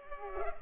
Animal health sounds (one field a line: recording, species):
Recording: mosquito wingbeat signal from an infrared sensor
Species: Culex pipiens